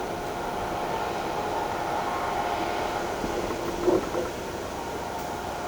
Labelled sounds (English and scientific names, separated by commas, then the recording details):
none
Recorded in shrubland near Pivijay, Magdalena, Colombia, on 17 April 2023 at 17:30
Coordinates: 10.453, -74.365
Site P5-G022